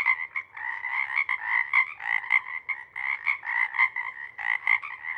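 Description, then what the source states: Pacific chorus frog chorus, crowded croaks overlapping in quick bursts, steady and busy. Pond chorus in the pre-morning twilight as the late night wanes; over the recording the chorus waxes and wanes.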